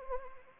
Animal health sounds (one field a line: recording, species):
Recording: mosquito wingbeat signal from an infrared sensor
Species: Anopheles arabiensis